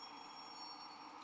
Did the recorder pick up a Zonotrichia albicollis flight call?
no